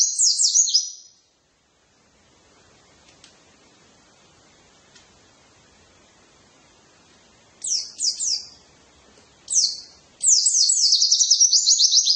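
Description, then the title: White-eye twittering song: a short burst of high, quick slurred notes, a long silent pause, then scattered bursts building into continuous rapid chatter. "pleci"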